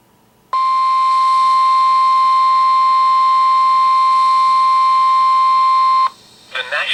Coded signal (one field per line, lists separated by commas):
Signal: Emergency Alert System (SAME) tones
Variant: 1050 Hz attention tone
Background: speech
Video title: EAS #5-#9: SVRs in JANUARY? | KHB36